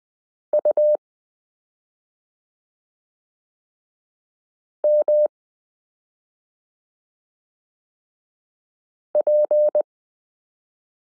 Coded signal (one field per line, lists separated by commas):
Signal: Morse code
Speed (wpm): 20 wpm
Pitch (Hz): 600 Hz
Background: none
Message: U M P